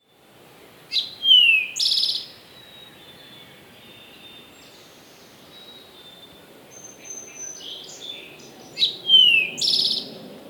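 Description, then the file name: Eastern towhee phrase heard twice, each a descending slurred whistle followed by a short buzzy trill, about eight seconds apart; faint thin whistles from other birds between. "Pipilo erythrophthalmus - Eastern Towhee"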